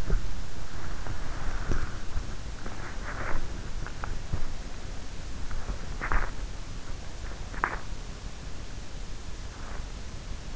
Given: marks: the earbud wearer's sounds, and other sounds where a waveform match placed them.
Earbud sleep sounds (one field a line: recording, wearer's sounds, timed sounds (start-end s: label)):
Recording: sounds in sleep by an in-ear microphone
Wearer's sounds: body movement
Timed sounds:
0.00-10.56 s: body movement